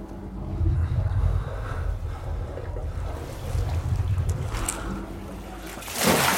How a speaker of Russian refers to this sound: Из трубы, которую разбил Джо большим напором, льется вода. Джо поднимается на ноги. Поднимает покрывало. Пытается закрыть покрывалом трубу. Вода вырывается и заполняет колодец.